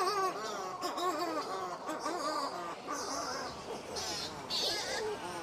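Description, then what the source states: Buller's shearwater chorus of many birds, warbling moaning calls overlapping continuously, with higher scratchy notes breaking through now and then. Many birds calling at about 3:30 in the morning on Aorangi, Poor Knights Islands, New Zealand, hidden among boulder-field rocks where they have their burrows; breeding colony.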